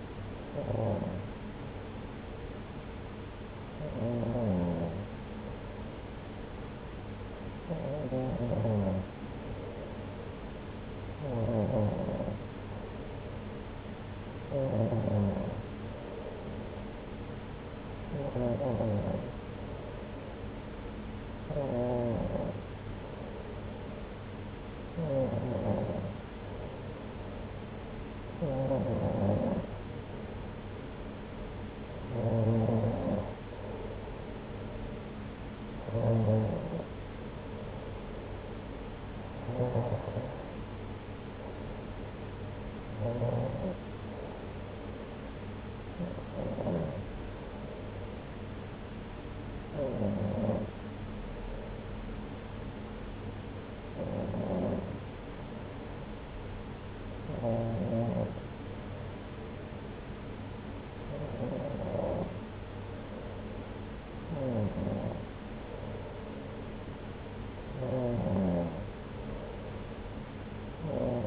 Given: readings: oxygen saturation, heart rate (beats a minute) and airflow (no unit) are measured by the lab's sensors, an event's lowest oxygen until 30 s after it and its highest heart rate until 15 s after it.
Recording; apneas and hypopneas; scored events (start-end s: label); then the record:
breathing in sleep by a voice recorder at the bedside; none
none scored
From the record:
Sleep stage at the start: N2 (light sleep); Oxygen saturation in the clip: 93 to 94%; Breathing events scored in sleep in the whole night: 303 in 8.1 hours asleep